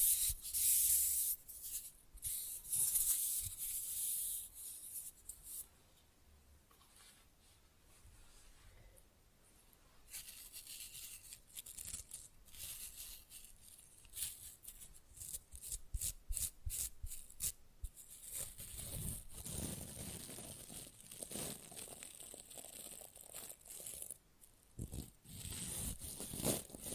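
Rough, fast nail filing with scratchy, hissing strokes, loudest and brightest in the first few seconds. After a quieter stretch around the middle, quick bursts of filing and sharp taps return, densest between 14 and 19 seconds and again near 25 seconds.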